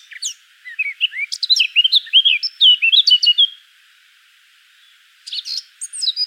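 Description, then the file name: Eurasian blackcap song: a rapid, scratchy-to-fluty warble for about three and a half seconds, a pause, then a second phrase beginning. "Sylvia atricapilla"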